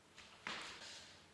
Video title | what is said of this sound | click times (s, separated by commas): Как симметрично уложить ламинат на пол | и защелкиваем. Все очень просто. | 0.5 s